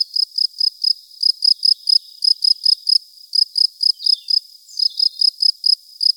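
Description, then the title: Field cricket song: shrill, high chirps, each made of three or four rapid pulses, repeated steadily with brief gaps between groups. Recorded at Buoux, Vaucluse, in 2007. "Sylvain Jaskowiak - Animus. Grillon champêtre - Buoux, Vaucluse"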